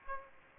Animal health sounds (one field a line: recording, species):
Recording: mosquito wingbeat signal from an infrared sensor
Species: Aedes aegypti